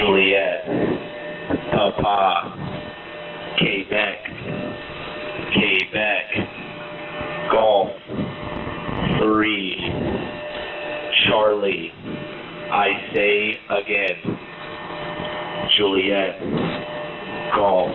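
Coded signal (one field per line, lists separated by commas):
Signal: coded military voice message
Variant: English phonetic alphabet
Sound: radio voice reading phonetic-alphabet letters, saying 'I say again', over hum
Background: radio static, hum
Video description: Emergency Action Messages passed to United States strategic nuclear forces on the Global High Frequency Communications System (HFGCS)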